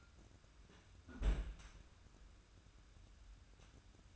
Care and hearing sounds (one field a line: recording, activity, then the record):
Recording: daily activity, microphone in the room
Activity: close fridge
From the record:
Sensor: 2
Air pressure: 994.4 hPa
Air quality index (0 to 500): 213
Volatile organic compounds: 1000 ppm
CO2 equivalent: 7045 ppm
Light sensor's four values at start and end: 95/224/93/93 and 127/303/128/132